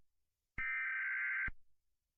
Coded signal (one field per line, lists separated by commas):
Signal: Emergency Alert System (SAME) tones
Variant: header bursts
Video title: Sri Lanka eas alarm 2004 🇱🇰